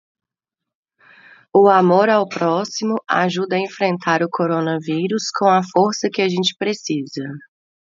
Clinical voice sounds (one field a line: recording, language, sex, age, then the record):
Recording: spoken sentence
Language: Brazilian Portuguese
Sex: female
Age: 30 to 39 years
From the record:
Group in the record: control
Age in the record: 36 years